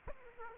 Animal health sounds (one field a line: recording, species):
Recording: mosquito wingbeat signal from an infrared sensor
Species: Aedes aegypti